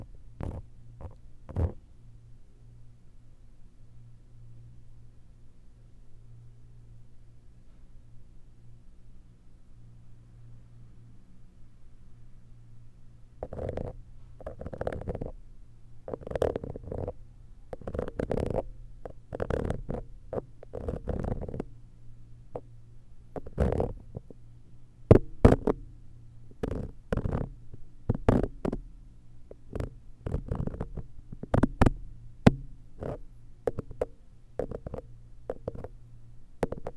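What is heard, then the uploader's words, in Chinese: Muffled ear-cleaning sounds: soft scraping and rubbing. A low steady hum sits underneath throughout. Apart from a few touches in the first seconds it stays quiet until about 13 seconds, then dense clusters of scratchy, crackling strokes follow, growing sharper after 25 seconds. 掏耳 ASMR。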